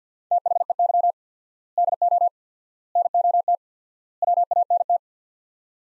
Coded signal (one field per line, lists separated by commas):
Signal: Morse code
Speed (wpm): 50 wpm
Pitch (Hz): 700 Hz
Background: none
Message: THEY DO NOT WANT